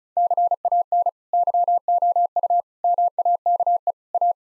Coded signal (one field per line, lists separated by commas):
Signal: Morse code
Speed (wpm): 34 wpm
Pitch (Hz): 700 Hz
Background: none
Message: CAN YOU MAKE A